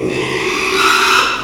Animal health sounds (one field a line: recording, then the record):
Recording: squeal of a Yucatan mini pig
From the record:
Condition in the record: after surgery on the right vocal fold (resection and tissue-engineered implant)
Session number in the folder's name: 1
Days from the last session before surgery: 6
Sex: male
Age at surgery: 12 weeks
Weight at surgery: 13 kg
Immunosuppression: cyclosporine, prednisolone